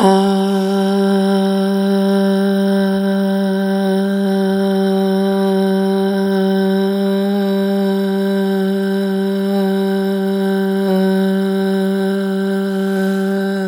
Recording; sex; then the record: sustained vowel /a/; female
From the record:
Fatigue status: no fatigue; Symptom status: symptomatic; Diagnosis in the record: COVID-19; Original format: m4a